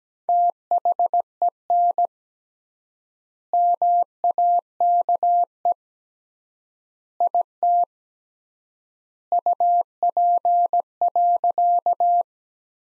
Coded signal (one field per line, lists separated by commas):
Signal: Morse code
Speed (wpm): 17 wpm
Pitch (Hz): 700 Hz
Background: none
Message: THEN MAKE IT UP.